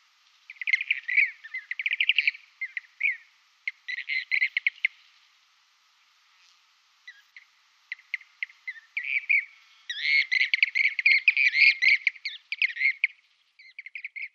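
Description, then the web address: Blue-cheeked bee-eater giving rolling, purring trills in quick runs, with short pauses between bouts. "Schulze Peter Blue-cheeked Bee-eater"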